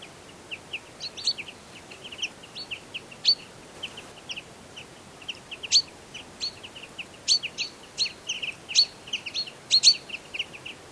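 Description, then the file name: Common chaffinch calls: a busy run of short, high chips and clipped notes, some sharper and louder, repeated densely throughout with no other clear sounds. "Fringilla coelebs"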